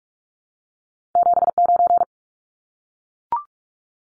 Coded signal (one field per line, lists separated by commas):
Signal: Morse code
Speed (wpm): 44 wpm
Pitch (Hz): 700 Hz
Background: none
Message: 79